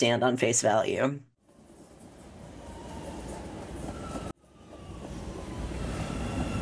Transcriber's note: natural sound: CTA doors closing and CTA leaving the platform